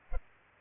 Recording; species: mosquito wingbeat signal from an infrared sensor; Culex pipiens